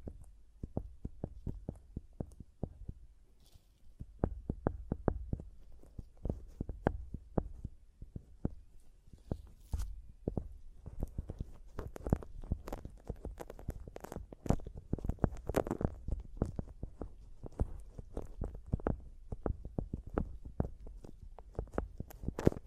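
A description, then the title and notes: Fingers tap and scratch directly on a microphone, producing a steady stream of dull, thumping knocks with a heavy low boom. The hits come fast and irregular throughout, growing busier and denser after about ten seconds, with occasional brighter scraping crackles mixed in. ASMR Mic Tapping and Scratching (No Talking).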